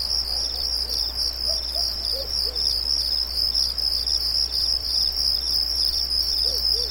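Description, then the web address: Crickets keep up a high, fast-pulsing chorus, while soft, low, repeated arching calls from another animal sound faintly underneath. Night ambience of light, high-pitched, rhythmic crickets. "Nature Ambiences Night Ambience Light High-pitched Crickets Rhythmic"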